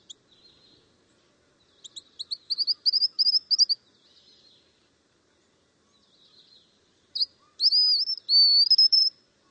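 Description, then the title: White-naped xenopsaris song: a soft run of thin high notes, a phrase of sharp upslurred whistles and a wavering trill, then after a pause a louder phrase of sharp upslurred whistles closing in a sustained wavering trill. "LuckyPassaro Completos2Sama. White-naped Xenopsaris (Xenopsaris albinucha)"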